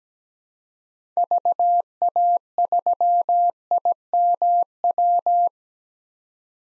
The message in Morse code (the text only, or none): VA3IMW